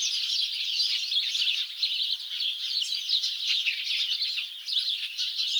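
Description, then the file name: House sparrows calling together, a busy mass of bright overlapping chirps that never pauses, with slight dips and swells in volume. "Passer domesticus"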